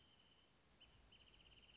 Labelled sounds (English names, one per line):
Wrentit